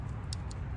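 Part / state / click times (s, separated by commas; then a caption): lock bar in a folding knife handle / released / 0.3 s. The lock bar in the handle of a Benchmade Vector (946) folding knife is slid back and forth, and it sticks before releasing with a sharp little click at 0.3 s. This click is the lock stick, followed by a fainter tick around 0.5 s over a low steady background.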